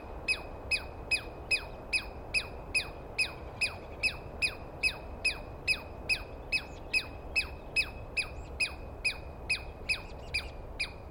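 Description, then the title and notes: Douglas squirrel calling, sharp descending chips repeated quickly and evenly, more than two per second throughout. Douglas pine squirrel screaming at length at dawn, morning of 21 April 2017, East Cascades; recordist woken by it; identified by sound, not clearly seen. "On the morning of 21 April, 2017, I set up my microphones and recorder for a nice dawn recording in the East Cascades. I was started awake by a screaming Douglas Pine Squirrel."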